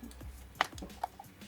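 A drink holder is pushed into the small bracket on the front left-hand corner of a Darche Flat Pack camp chair frame. A sharp click at 0.6 s marks it slotting into place, and fainter ticks and taps follow around 0.8, 1.0 and 1.2 s. The holder is seated in the bracket.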